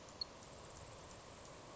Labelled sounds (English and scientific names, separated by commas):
Grasshopper Sparrow (Ammodramus savannarum)